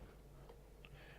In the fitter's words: there we go that's it that's popped into place